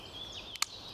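A Walther Rescue Pro folding knife blade is flipped open, and the inner liner lock snaps behind the blade with a sharp, clear click at 0.6 seconds, just after a softer sound at about 0.6 seconds. The liner lock is seated, locking the blade so the knife cannot close itself, over a faint background hiss and a thin high tone.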